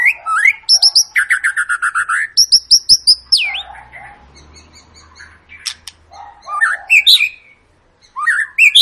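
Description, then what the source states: White-rumped shama opening with a fast series of ringing repeated notes, then softer chatter and further whistled phrases, with a short silence near the end. Long lure song (pancingan) of a gacor, actively singing white-rumped shama, played to make other birds sing.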